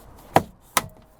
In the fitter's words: drop down and it's locked into place so really is that simple